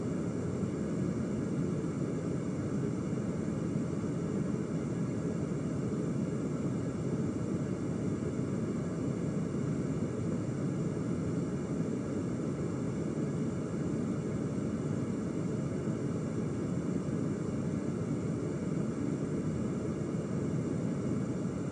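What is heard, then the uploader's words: Brown noise runs without change for the whole stretch: a dense, deep rumble weighted toward the low end, with only a thin, soft hiss above it. The level holds perfectly even, like the steady drone inside an airplane cabin, with no separate events. ASMR Brown Noise.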